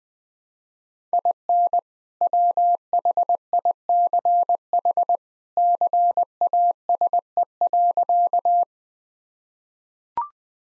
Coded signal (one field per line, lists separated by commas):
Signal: Morse code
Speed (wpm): 20 wpm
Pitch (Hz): 700 Hz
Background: none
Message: IN WHICH CASE.